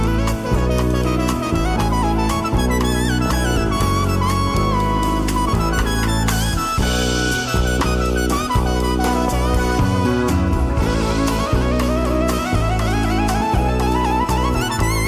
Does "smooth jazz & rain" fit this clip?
yes